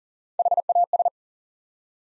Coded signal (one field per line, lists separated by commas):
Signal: Morse code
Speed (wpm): 40 wpm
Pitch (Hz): 700 Hz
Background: none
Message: HAS